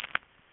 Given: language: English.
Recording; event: throat vibration sensor signal played as sound; swallow